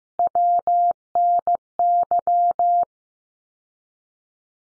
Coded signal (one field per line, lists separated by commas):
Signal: Morse code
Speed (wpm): 15 wpm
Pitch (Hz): 700 Hz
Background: none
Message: WNY